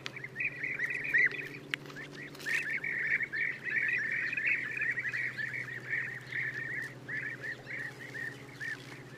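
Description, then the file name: European bee-eater calls, repeated soft rolling notes running almost continuously, with a few clicks and a low steady hum behind. "gyurgyalag"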